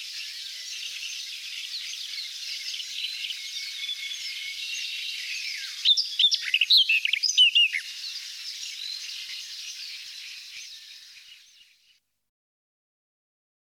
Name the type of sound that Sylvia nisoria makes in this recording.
song